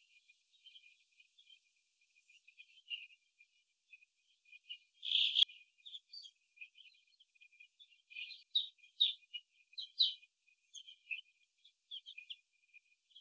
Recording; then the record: young laying hens in a cage, short pieces joined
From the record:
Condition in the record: before the stressor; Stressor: simulated dog barking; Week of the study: 2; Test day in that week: 3